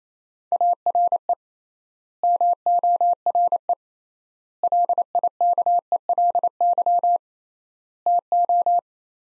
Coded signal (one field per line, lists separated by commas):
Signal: Morse code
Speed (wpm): 28 wpm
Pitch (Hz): 700 Hz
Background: none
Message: ARE MORE LIKELY TO